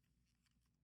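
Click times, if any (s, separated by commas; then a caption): none. A plastic panel tab on a Studio Series AOE Optimus Prime action figure is being handled and tabbed down toward the figure's body during transformation, with soft plastic rustling and faint scraping over a low background hum. Nothing has seated or clicked yet.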